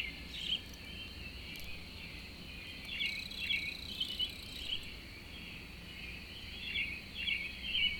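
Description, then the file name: Cricket giving a steady high continuous trill throughout, while birds add short bright chirps and twitters over it, louder around the third to fourth and seventh seconds. A lone cricket recorded in the early morning with birds, April 2012. "freesound Early AMBirds Lone Cricket"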